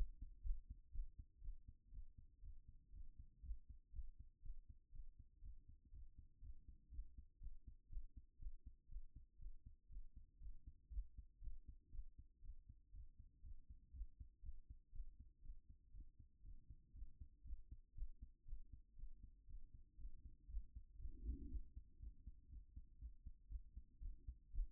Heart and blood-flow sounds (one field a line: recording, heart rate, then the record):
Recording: heart sounds by stethoscope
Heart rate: 120 bpm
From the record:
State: after exercise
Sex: female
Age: 31 years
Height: 169 cm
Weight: 67 kg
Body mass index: 23.46